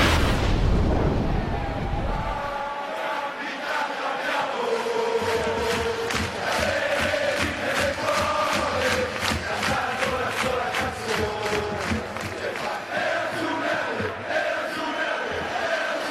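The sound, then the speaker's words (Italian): A huge crowd of Inter football fans in Milan, of every age, defying a rainstorm in the evening, roars and chants continuously, voices massed into a loud, rhythmic din with repeated pulsing shouts, preceded by a brief low rumbling burst at the start. “Quegli uomini accalcati al capolinea del 15 e stipati sul tram sono tifosi della grande Inter, milanesi di ogni età che stasera sfidano il nubifragio per andare a caccia di un sogno.”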